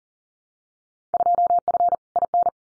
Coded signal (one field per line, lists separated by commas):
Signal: Morse code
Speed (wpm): 40 wpm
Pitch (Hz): 700 Hz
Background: none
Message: 2F IN